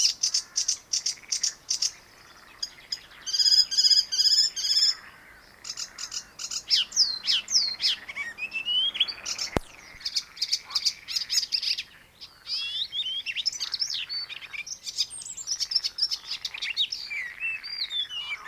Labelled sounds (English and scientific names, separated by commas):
Icterine Warbler (Hippolais icterina) song